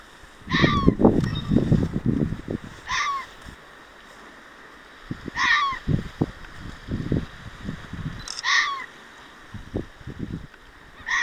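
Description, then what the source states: Fox repeating rough barks about every two to three seconds, with much low rumbling noise. Recorded 6 June 2024.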